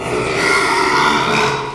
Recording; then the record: squeal of a Yucatan mini pig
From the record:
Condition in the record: after surgery on the right vocal fold (resection and tissue-engineered implant); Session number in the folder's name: 1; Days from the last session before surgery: 6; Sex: male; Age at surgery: 12 weeks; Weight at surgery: 13 kg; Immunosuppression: cyclosporine, prednisolone